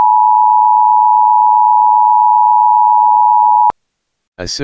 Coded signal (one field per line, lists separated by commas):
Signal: Emergency Alert System (SAME) tones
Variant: 853 and 960 Hz attention tone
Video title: EAS Local Area Emergency (Blizzard Conditions) Alpena, Michigan